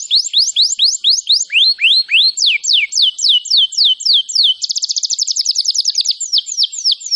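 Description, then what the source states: Canary singing a fast series of bright, descending whistled sweeps, about four per second, switching midway to a quick, tight high trill before returning to sweeps. Song described as gacor, meaning vigorous, continuous singing.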